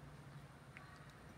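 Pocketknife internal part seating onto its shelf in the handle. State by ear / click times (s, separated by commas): seated / 0.8 s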